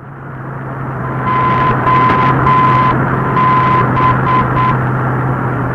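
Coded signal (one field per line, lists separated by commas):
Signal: Morse code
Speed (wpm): 8 wpm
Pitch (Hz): 1020 Hz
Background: none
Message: OB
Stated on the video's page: Aviation NDB beacon at 852 kHz received on Icom IC-PCR1500 with horizontal rhombus antenna.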